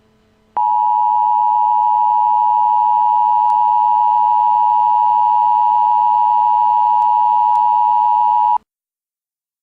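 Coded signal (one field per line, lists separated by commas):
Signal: Emergency Alert System (SAME) tones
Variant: 853 and 960 Hz attention tone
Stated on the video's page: Recycled old hurricane warning, recreated with TV show, static and colour bars.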